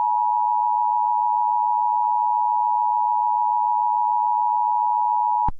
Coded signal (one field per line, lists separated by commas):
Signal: Emergency Alert System (SAME) tones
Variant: 853 and 960 Hz attention tone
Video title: Solar Scuffling - An EAS Mock